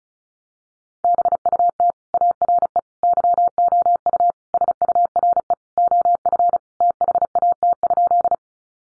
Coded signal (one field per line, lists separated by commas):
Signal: Morse code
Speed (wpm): 34 wpm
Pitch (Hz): 700 Hz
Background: none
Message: BUT ARE YOU SURE OF THAT?